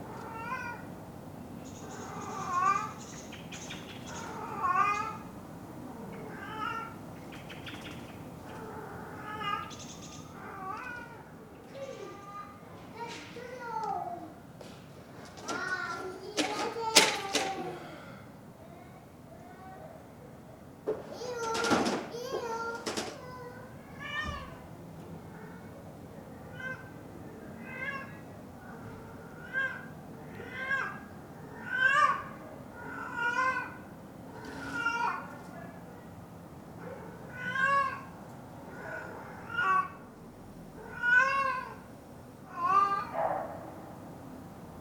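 Children's short, high, sing-song calls repeat every second or two through most of the recording, growing more regular in the second half, over a low steady murmur. Sharp clattering hammer knocks break in around seventeen seconds and again near twenty-two.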